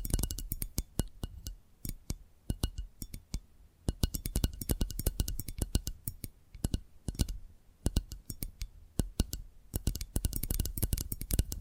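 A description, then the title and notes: Tapping triggers: rapid, irregular sharp taps and clicks in dense bursts with brief pauses, bright clicky strikes over a soft low thud. ASMR 10 Addictive Tapping Triggers. (No Talking).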